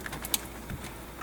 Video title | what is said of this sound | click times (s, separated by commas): JOYING JY-TT910N12 Head Unit Install & Honest Review Toyota Prius 2010–2015 | Again, make sure you hear that click. | 0.3 s